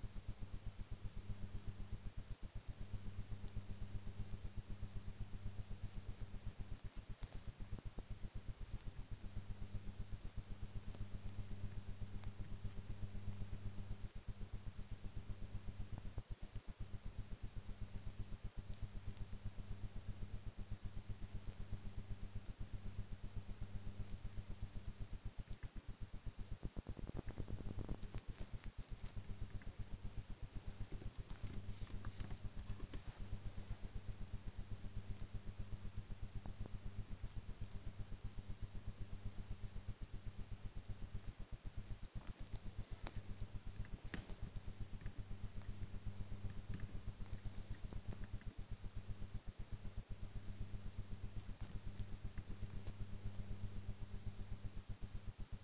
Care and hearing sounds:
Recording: household activities, microphone on the right wrist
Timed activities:
0.00-55.63 s: working on the computer

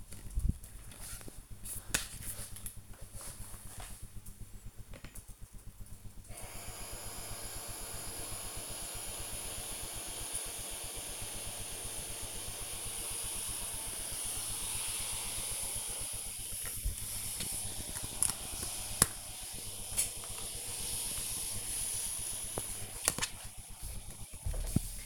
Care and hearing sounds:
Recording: household activities, microphone on the right wrist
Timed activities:
2.52-23.66 s: refill

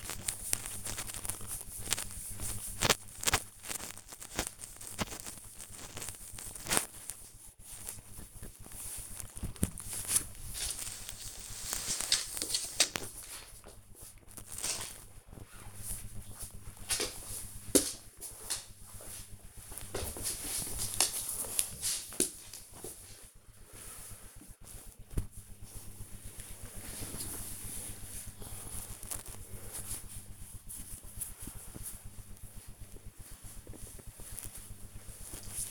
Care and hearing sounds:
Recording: household activities, microphone on the right wrist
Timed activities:
0.00-8.46 s: petting the dog
30.61-35.71 s: petting the dog

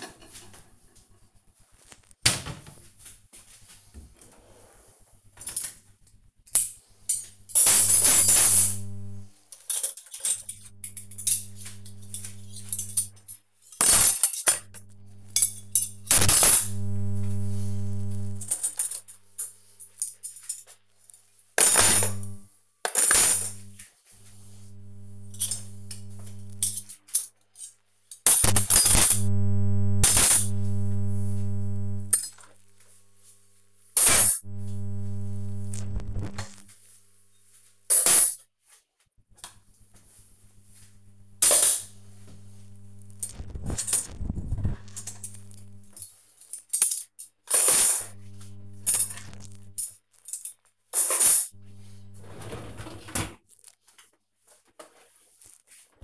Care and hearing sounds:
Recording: household activities, microphone on the right wrist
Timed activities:
0.00-55.00 s: cleaning out the dishwasher

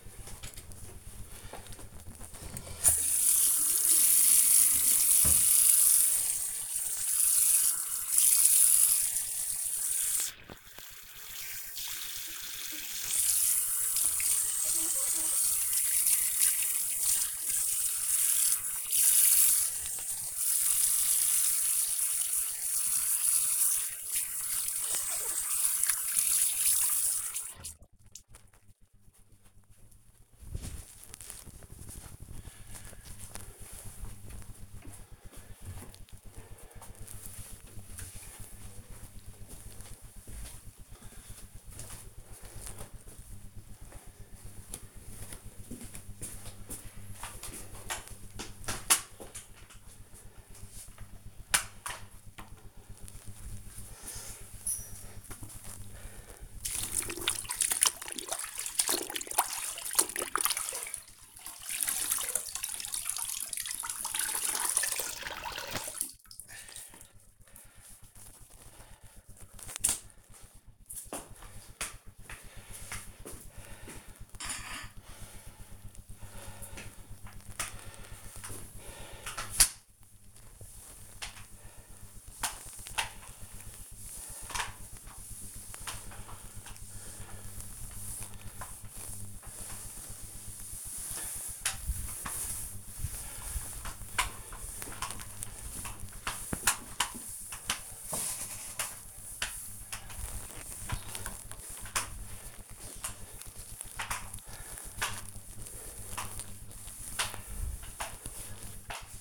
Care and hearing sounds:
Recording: household activities, microphone on the right wrist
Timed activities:
1.96-28.15 s: washing hands
46.26-108.67 s: floor cleaning

